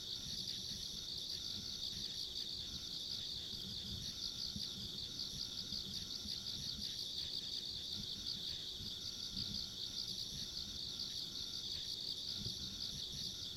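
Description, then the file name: Insects in a sustained shrill chorus of rapid trills, layered and constant, over a low rumbling background. Ambient insect sounds along a rural country road. "田舎道の虫の環境音"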